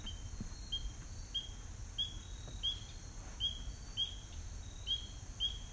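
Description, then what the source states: Spring peeper calls, a clear high whistled peep with a slight upward slur, repeated steadily over low background noise. October 23, 2020.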